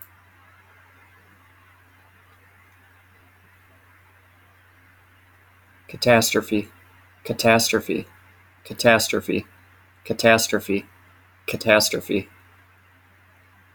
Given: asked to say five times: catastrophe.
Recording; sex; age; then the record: repeated word; male; 30 to 39 years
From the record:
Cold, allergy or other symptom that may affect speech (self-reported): no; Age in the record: 37 years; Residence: North Carolina, United States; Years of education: 16